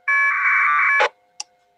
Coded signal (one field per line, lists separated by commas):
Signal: packet radio (AX.25, as in APRS)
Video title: Training: Oliver K6OLI NCS Net control LAX ARES Digital Net Voice VARA FM WINLINK PINPOINT APRS